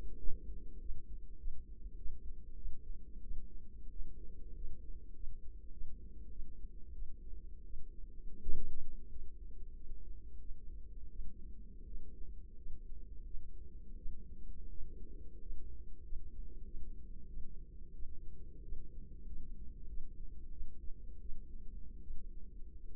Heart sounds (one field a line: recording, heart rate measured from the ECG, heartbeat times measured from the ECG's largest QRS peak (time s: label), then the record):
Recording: heart sounds by microphone in the left ear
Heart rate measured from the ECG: 90 bpm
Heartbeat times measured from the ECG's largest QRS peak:
0.18 s: heartbeat
0.80 s: heartbeat
1.38 s: heartbeat
1.96 s: heartbeat
2.56 s: heartbeat
3.22 s: heartbeat
3.91 s: heartbeat
4.55 s: heartbeat
5.14 s: heartbeat
5.72 s: heartbeat
6.30 s: heartbeat
6.93 s: heartbeat
7.65 s: heartbeat
8.39 s: heartbeat
9.10 s: heartbeat
9.75 s: heartbeat
10.40 s: heartbeat
11.10 s: heartbeat
11.86 s: heartbeat
12.57 s: heartbeat
13.25 s: heartbeat
13.97 s: heartbeat
14.69 s: heartbeat
15.40 s: heartbeat
16.03 s: heartbeat
16.65 s: heartbeat
17.28 s: heartbeat
17.94 s: heartbeat
18.62 s: heartbeat
19.26 s: heartbeat
19.87 s: heartbeat
20.51 s: heartbeat
21.20 s: heartbeat
22.01 s: heartbeat
22.88 s: heartbeat
From the record:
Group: healthy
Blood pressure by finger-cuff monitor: 96/47 mmHg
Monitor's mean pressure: 61 mmHg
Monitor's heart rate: 92 bpm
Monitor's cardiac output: 9.1 L/min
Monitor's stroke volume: 102 mL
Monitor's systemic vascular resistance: 460 dyn s/cm5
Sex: female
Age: 22 years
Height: 157 cm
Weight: 47.6 kg